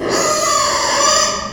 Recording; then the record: squeal of a Yucatan mini pig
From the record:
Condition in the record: before surgery on the right vocal fold (resection and tissue-engineered implant); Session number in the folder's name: 1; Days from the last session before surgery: -3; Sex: male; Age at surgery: 12 weeks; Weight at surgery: 13 kg